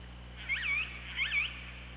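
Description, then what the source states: Killer whale calls: two matching pulsed calls with curving, wavering harmonic contours, about three-quarters of a second apart, over a constant low hum. Recorded on the OrcaLab hydrophone, 24 August 2017, 15:25.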